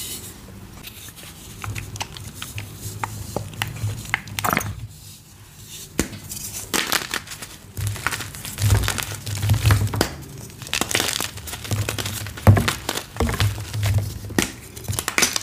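Crunching and crumbling of cornstarch blocks, with dense, irregular crackles and sharp snaps throughout. A low hum sits underneath from about eight seconds on, and there is a brief quieter lull near five seconds.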